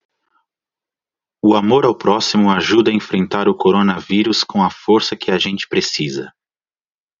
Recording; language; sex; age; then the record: spoken sentence; Brazilian Portuguese; male; 30 to 39 years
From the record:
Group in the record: control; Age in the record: 36 years